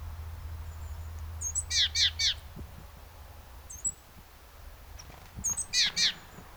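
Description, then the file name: Great tit calls, a run of three sharp slurred notes, then another short run after a pause, mixed with brief thin high whistles and a low hum. "Parus major"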